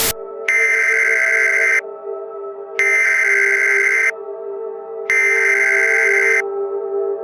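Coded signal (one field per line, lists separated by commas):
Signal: Emergency Alert System (SAME) tones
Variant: header bursts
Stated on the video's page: Fictional EAS scenario; the alert may use valid or invalid tones and is simulated.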